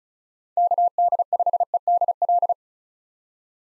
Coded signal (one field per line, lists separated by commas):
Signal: Morse code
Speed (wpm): 36 wpm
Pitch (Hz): 700 Hz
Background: none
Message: KD5EDL